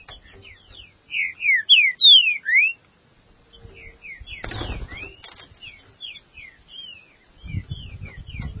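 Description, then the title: Green-winged saltator song: a loud phrase of ringing downslurred whistles, then softer notes interrupted by a brief harsh noise burst. "Trinca Ferro"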